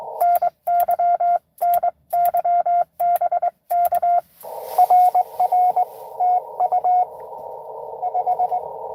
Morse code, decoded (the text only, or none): NY NY BK RR TU 5